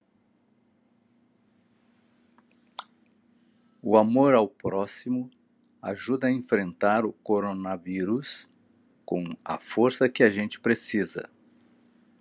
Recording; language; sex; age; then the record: spoken sentence; Brazilian Portuguese; male; 60 to 69 years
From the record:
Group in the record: control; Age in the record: 69 years